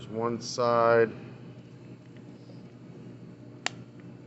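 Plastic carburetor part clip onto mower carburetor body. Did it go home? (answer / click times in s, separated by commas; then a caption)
yes / 3.7 s. Someone talks briefly, then the other side of a plastic part is pushed down onto its clip on the carburetor of a Poulan Pro Briggs and Stratton 550EX 21" mower, model 961420135 01, during a carburetor repair. A single sharp click is heard at 3.7 s as the second clip snaps home. The part is seated and sits level on the carburetor body.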